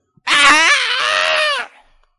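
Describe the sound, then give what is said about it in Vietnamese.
A demon man screams as golden sword energy cuts his body in two: a single loud, anguished scream lasting over a second, starting with a sharp upward cry and then holding a strained, wavering pitch before cutting off abruptly. “Một tiếng hét thảm vang lên.”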